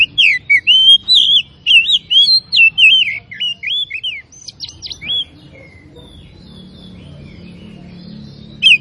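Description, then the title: Oriental magpie-robin song: a rapid sequence of clear, warbling whistles and twisting slurs for about five seconds, then near quiet with a faint low hum. Labelled Tretes; described with the Indonesian bird-keeping term gacor, meaning singing actively. "Kacer Tretes Gacor"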